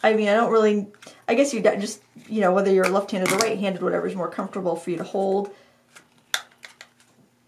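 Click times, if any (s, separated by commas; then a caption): 6.3 s. A plastic water cup is swapped to the other side of a small plastic travel watercolor palette and snapped onto the side mount while someone talks. After the talking stops, a few light taps are followed by a sharp click at 6.3 s as the cup seats in place. A couple of small clicks trail after it.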